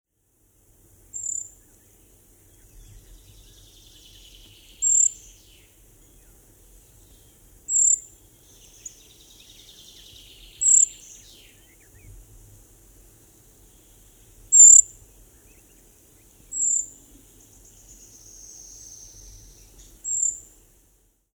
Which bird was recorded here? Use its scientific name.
Certhia familiaris